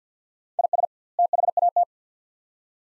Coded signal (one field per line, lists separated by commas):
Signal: Morse code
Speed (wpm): 49 wpm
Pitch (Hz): 700 Hz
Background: none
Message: IS THAT